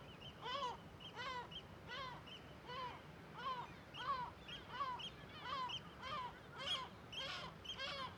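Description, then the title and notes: Gull alarm calls, harsh barking notes repeated steadily. Large cliff amphitheatre above Viðarlundin woodland, Kunoy, Faroe Islands; gulls alarmed at the recordist's approach; quadraphonic recording, MixPre6II with DPA 4021 and 4022 microphones. "Le Palais des mouettes . Grand Cirque . Kunoy, Îles Féroé. Iles Féroé, KUNOY, nous sommes au dessus la forêt de Viðarlundin í Kunoy, le Cirque est énorme et les mouettes et autres oiseaux se mettent en alerte"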